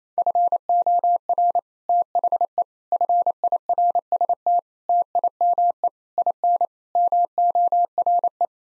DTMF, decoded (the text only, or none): none